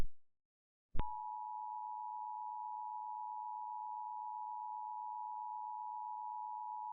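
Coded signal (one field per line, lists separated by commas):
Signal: Emergency Alert System (SAME) tones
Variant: 853 and 960 Hz attention tone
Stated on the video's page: Fictional analog-horror EAS scenario.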